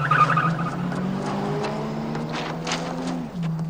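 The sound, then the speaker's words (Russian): A car driven by the character Dooley revs and pulls away from a highway where police stay behind, its steady low drone rising in pitch as tires squeal and skid briefly over the road noise, with no voices. “Дулли садится за руль. Джерри Ли, пошли. Дулли уезжает, полицейские остаются на шоссе.”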